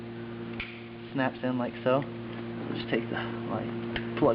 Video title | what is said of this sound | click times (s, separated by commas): BMW Door Panel ReInstall - E38 7 Series - BAVSOUND | You can see there's a little hook back here, kind of slots in snaps in | 0.6 s